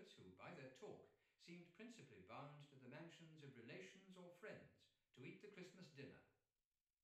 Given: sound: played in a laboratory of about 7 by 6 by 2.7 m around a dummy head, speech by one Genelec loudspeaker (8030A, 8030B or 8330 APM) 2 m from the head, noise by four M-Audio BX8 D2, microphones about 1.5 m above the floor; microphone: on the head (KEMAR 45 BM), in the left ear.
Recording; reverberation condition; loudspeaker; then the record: male speech in English; medium; behind (180 degrees)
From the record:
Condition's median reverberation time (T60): about 510 ms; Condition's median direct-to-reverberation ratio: about -0.5 dB